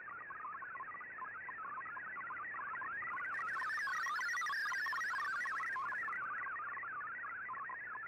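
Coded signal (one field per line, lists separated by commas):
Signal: multi-tone FSK (Olivia or MFSK type)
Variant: MFSK32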